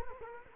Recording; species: mosquito wingbeat signal from an infrared sensor; Culex quinquefasciatus